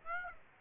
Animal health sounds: mosquito wingbeat signal from an infrared sensor; Aedes aegypti

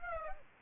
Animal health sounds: mosquito wingbeat signal from an infrared sensor; Aedes aegypti

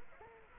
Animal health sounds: mosquito wingbeat signal from an infrared sensor; Anopheles arabiensis

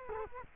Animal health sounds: mosquito wingbeat signal from an infrared sensor; Culex quinquefasciatus

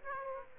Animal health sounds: mosquito wingbeat signal from an infrared sensor; Aedes aegypti

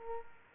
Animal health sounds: mosquito wingbeat signal from an infrared sensor; Culex quinquefasciatus

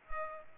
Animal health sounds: mosquito wingbeat signal from an infrared sensor; Culex pipiens

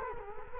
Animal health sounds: mosquito wingbeat signal from an infrared sensor; Culex quinquefasciatus

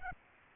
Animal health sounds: mosquito wingbeat signal from an infrared sensor; Aedes aegypti

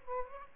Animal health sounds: mosquito wingbeat signal from an infrared sensor; Aedes albopictus

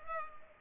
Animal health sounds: mosquito wingbeat signal from an infrared sensor; Culex pipiens

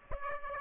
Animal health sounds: mosquito wingbeat signal from an infrared sensor; Aedes aegypti

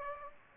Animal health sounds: mosquito wingbeat signal from an infrared sensor; Anopheles gambiae

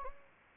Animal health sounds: mosquito wingbeat signal from an infrared sensor; Anopheles arabiensis

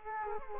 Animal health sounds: mosquito wingbeat signal from an infrared sensor; Culex quinquefasciatus

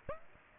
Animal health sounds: mosquito wingbeat signal from an infrared sensor; Aedes aegypti

